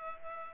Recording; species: mosquito wingbeat signal from an infrared sensor; Culex pipiens